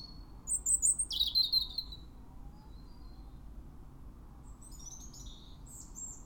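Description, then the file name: European robin with a loud burst of high, thin warbled notes near the start, then a pause and fainter high twitters toward the end, over low background hum. "Erithacus rubecula"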